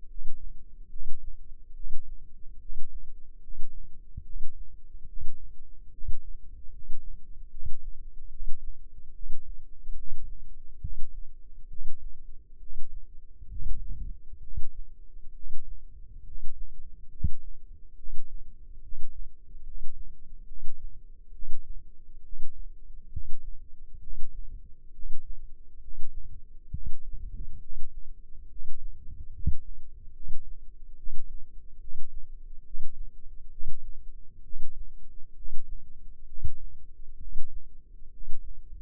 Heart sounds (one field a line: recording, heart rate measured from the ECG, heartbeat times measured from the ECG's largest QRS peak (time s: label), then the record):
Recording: heart sounds by microphone in the left ear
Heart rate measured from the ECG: 69 bpm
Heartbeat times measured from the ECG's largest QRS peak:
0.05 s: heartbeat
0.88 s: heartbeat
1.72 s: heartbeat
2.57 s: heartbeat
3.38 s: heartbeat
4.21 s: heartbeat
5.04 s: heartbeat
5.89 s: heartbeat
6.69 s: heartbeat
7.48 s: heartbeat
8.28 s: heartbeat
9.11 s: heartbeat
9.93 s: heartbeat
10.78 s: heartbeat
11.67 s: heartbeat
12.57 s: heartbeat
13.46 s: heartbeat
14.39 s: heartbeat
15.31 s: heartbeat
16.22 s: heartbeat
17.08 s: heartbeat
17.94 s: heartbeat
18.79 s: heartbeat
19.61 s: heartbeat
20.44 s: heartbeat
21.30 s: heartbeat
22.20 s: heartbeat
23.08 s: heartbeat
23.98 s: heartbeat
24.90 s: heartbeat
25.78 s: heartbeat
26.68 s: heartbeat
27.57 s: heartbeat
28.46 s: heartbeat
29.29 s: heartbeat
30.11 s: heartbeat
30.94 s: heartbeat
31.77 s: heartbeat
32.61 s: heartbeat
33.48 s: heartbeat
34.41 s: heartbeat
35.32 s: heartbeat
36.24 s: heartbeat
37.16 s: heartbeat
38.08 s: heartbeat
From the record:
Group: healthy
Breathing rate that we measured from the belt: 19 breaths a minute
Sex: male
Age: 35 years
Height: 180 cm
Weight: 86.9 kg